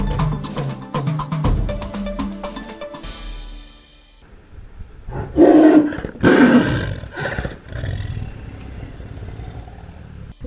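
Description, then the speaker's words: Tiger growling in two loud, rough bursts midway through, after other sounds. Tiger named Taboo growling, recorded on location at the Lions, Tigers and Bears sanctuary. "And as you've just heard, that was a tiger growling named Taboo."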